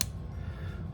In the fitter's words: it posts securely with a positive click